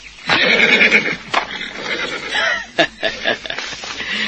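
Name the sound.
horse neighing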